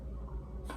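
A bamboo lid with a straw is pressed onto a freshly filled glass water bottle. Over a low background hum, one short, sharp hit sounds at 0.7 s as the lid pops on and seats.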